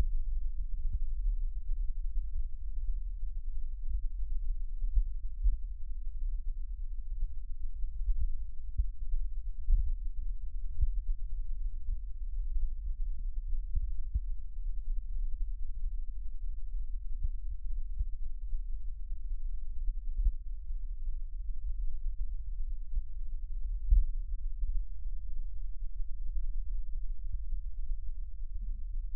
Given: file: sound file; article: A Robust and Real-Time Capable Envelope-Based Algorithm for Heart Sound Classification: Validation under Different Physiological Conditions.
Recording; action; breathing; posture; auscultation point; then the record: heart sounds by electronic stethoscope; rest; normal; sitting; left side of the back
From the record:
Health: healthy, no known heart disease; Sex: male